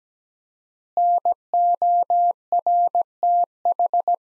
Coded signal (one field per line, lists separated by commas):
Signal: Morse code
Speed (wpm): 17 wpm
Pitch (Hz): 700 Hz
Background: none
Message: NORTH